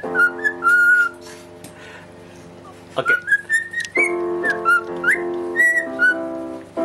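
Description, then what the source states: Cockatiel whistling clear notes, short slurred phrases then held tones, over sustained piano chords that start and stop. Parrot singing along with a pianist playing the piano.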